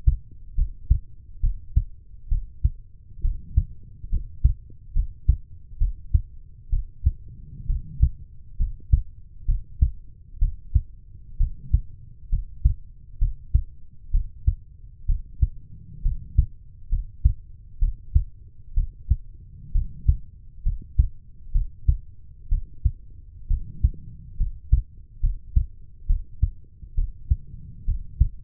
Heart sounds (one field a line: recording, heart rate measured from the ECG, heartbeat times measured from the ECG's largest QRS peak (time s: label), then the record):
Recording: heart sounds by stethoscope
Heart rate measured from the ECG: 66 bpm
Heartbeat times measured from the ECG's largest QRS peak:
0.55 s: heartbeat
1.41 s: heartbeat
2.29 s: heartbeat
3.22 s: heartbeat
4.10 s: heartbeat
4.93 s: heartbeat
5.78 s: heartbeat
6.70 s: heartbeat
7.67 s: heartbeat
8.57 s: heartbeat
9.46 s: heartbeat
10.39 s: heartbeat
11.37 s: heartbeat
12.30 s: heartbeat
13.19 s: heartbeat
14.11 s: heartbeat
15.06 s: heartbeat
16.02 s: heartbeat
16.89 s: heartbeat
17.79 s: heartbeat
18.74 s: heartbeat
19.72 s: heartbeat
20.63 s: heartbeat
21.52 s: heartbeat
22.49 s: heartbeat
23.47 s: heartbeat
24.37 s: heartbeat
25.20 s: heartbeat
26.06 s: heartbeat
26.95 s: heartbeat
27.85 s: heartbeat
From the record:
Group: healthy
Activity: cold pressor test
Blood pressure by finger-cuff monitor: 103/67 mmHg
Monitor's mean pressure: 79 mmHg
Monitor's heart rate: 66 bpm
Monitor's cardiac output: 5.2 L/min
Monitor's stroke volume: 80 mL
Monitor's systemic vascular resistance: 1100 dyn s/cm5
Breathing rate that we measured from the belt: 15 breaths a minute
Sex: female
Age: 23 years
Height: 160 cm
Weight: 50.4 kg